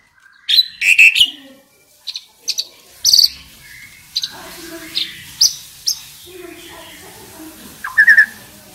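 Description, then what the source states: Asian pied starling song of scratchy chattering notes, short whistles and squeaky high calls, delivered in irregular bursts with brief pauses. Indonesian jalak suren described as a champion songbird.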